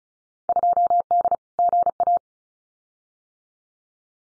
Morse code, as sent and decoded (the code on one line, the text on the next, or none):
..--- -.. / --. .-
2D GA